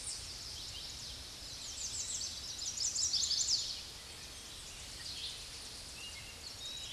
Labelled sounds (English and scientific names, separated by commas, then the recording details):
American Redstart (Setophaga ruticilla) song
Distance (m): 45 m
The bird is about 10 m above the microphone
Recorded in a Pennsylvania forest on 16 May 2024 at 06:54
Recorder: AudioMoth, point MSD-1419
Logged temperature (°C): 16.9 °C
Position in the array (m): 127 m, 208 m